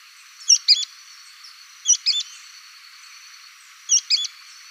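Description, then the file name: Sooty-fronted spinetail song of sharp paired high notes, three phrases roughly one and a half to two seconds apart, a steady faint high tone underneath. "canto do petrim"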